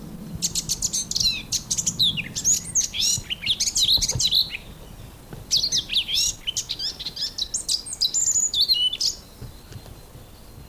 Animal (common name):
Eurasian Blackcap